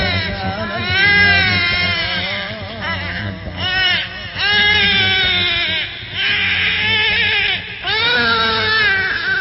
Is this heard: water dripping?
no